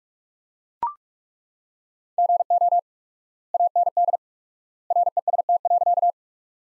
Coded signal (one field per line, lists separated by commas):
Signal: Morse code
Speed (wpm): 41 wpm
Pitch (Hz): 700 Hz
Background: none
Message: GO AND REST.